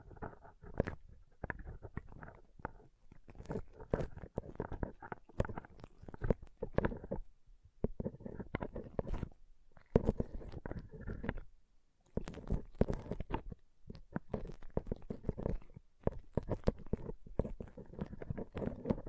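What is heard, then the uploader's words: Pom pom tingles: soft, scratchy rustling and crackling in quick, dense bursts that run almost without a break. The sound briefly thins out near eight seconds and goes nearly quiet around twelve seconds before the fluffy brushing resumes. ASMR Ultimate Pom Pom Tingles (No Talking).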